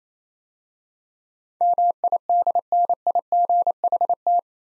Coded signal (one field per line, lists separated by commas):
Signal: Morse code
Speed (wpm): 27 wpm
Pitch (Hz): 700 Hz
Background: none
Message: MIDNIGHT